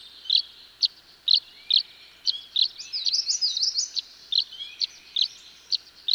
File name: Tree Swallow